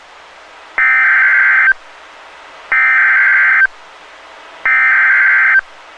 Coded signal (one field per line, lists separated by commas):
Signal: Emergency Alert System (SAME) tones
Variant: header bursts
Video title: EAS Fire Warning Shawnee County, Kansas NOAA Weather Radio (Kansas Emergency Management)